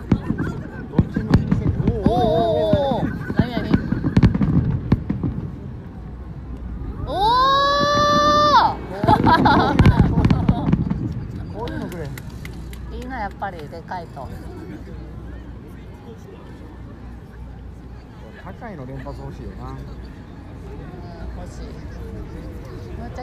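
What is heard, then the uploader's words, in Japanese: Fireworks go off over a murmuring crowd, with voices talking and exclaiming throughout. A shrill, rising whistle cuts in around seven to eight seconds amid low thuds, and the first ten seconds are busiest before the chatter settles into a quieter, steady hum. 花火大会。花火の音とみんなのざわざわ音。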